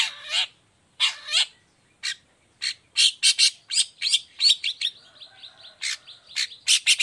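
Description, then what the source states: Long-tailed shrike song: a few spaced harsh bursts, then a quickening stream of rasping notes and short whistles. Cendet singing vigorously (gacor) in the morning with 'toet toet' variation, clear voice and full variation; said to be very easy for any cendet to imitate.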